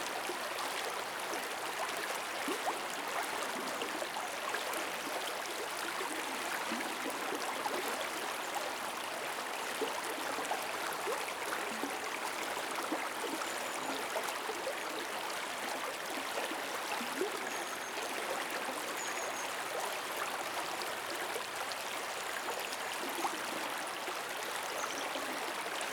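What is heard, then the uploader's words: A river flows steadily with a dense, even rush of water, bright hiss over a softer low wash, unchanging throughout with faint splashes. Peaceful flowing river white noise.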